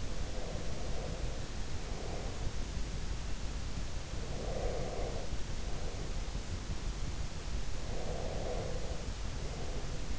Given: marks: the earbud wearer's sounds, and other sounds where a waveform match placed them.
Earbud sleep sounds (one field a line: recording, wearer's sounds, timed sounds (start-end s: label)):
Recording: sounds in sleep by an in-ear microphone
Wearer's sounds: breath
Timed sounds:
0.00-2.79 s: breath
4.28-6.82 s: breath
7.79-10.19 s: breath